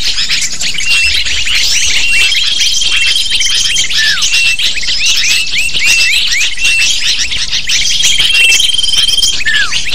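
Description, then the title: Chorus of lovebirds, constant sharp chirping and squeaking, with thin sustained whistles at the start and end and a falling squeal near the finish. Lure call to attract lovebirds. "PIKAT BURUNG LOVEBIRD"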